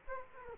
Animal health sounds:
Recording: mosquito wingbeat signal from an infrared sensor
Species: Culex quinquefasciatus

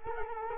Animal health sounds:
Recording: mosquito wingbeat signal from an infrared sensor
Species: Culex quinquefasciatus

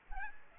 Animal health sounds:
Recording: mosquito wingbeat signal from an infrared sensor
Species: Aedes aegypti

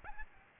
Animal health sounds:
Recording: mosquito wingbeat signal from an infrared sensor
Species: Aedes albopictus

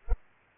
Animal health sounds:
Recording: mosquito wingbeat signal from an infrared sensor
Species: Culex pipiens

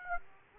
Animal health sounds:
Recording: mosquito wingbeat signal from an infrared sensor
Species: Aedes aegypti

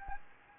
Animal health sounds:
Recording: mosquito wingbeat signal from an infrared sensor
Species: Anopheles gambiae

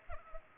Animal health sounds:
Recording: mosquito wingbeat signal from an infrared sensor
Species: Culex pipiens

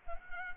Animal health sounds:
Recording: mosquito wingbeat signal from an infrared sensor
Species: Culex pipiens

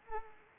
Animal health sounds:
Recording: mosquito wingbeat signal from an infrared sensor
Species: Anopheles arabiensis

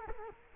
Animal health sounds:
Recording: mosquito wingbeat signal from an infrared sensor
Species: Culex quinquefasciatus

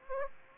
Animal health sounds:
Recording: mosquito wingbeat signal from an infrared sensor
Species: Aedes aegypti

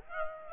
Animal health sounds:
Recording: mosquito wingbeat signal from an infrared sensor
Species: Aedes aegypti

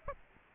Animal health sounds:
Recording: mosquito wingbeat signal from an infrared sensor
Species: Aedes aegypti

